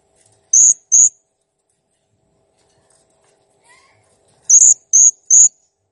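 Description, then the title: Blue-crowned hanging parrot calls: a pair of high shrill chirps, a pause with a faint soft sound, then three quick chirps in a row. Master recording of a clear, actively calling bird, made for training cage birds. "Masteran Burung Serindit Ll Masteran Serindit Gacor Jernih"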